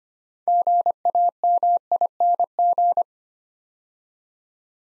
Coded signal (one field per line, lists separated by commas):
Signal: Morse code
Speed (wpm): 25 wpm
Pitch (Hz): 700 Hz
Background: none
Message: GAMING